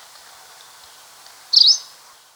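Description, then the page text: Two-barred greenish warbler: one brief, high, slurred chirp against a soft background hiss. "Two-Barred Greenish Warbler Call. Quick Sounds"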